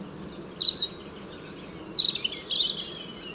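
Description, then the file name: European robin song, two short high phrases of thin, sweet, slightly slurred notes separated by a brief pause, with faint background hiss. "Erithacus rubecula"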